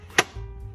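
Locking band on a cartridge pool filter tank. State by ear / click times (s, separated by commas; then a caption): seated / 0.2 s. A metal locking band on a Pentair Clean & Clear cartridge pool filter tank (CC 50/100/150/200) is spun backwards until it drops into its seat. A single sharp, short impact sounds at 0.2 s mid-spin, followed by a low, steady hum. The band is seated in place.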